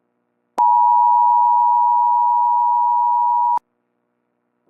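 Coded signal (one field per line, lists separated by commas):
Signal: Emergency Alert System (SAME) tones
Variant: 853 and 960 Hz attention tone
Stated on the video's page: Fictional EAS scenario, Pokemon-themed.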